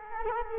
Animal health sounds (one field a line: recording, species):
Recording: mosquito wingbeat signal from an infrared sensor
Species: Culex quinquefasciatus